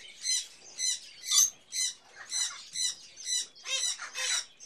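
Hatchling bird chirping: about nine rough, hissing notes repeated evenly around twice a second.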